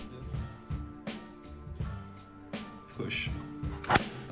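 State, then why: Seated. Someone talks over background music while pressing the buttons on each side of a clip and pushing an LED bar of a PhotonTek X600W Pro LED grow light into the fixture's frame rail. Two sharp clicks sound at 3.8 s and 4.0 s as the clip seats, leaving the bar firmly in place.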